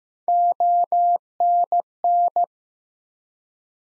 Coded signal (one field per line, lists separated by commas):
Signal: Morse code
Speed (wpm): 15 wpm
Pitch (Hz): 700 Hz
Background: none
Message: ONN